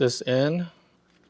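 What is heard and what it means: On a Lexus GX460, the third brake light housing is being handled against the rear hatch trim panel, ready for its first retaining clip to go in. Someone talks briefly, then near-silence follows with only faint background sound. Nothing has seated or clicked yet.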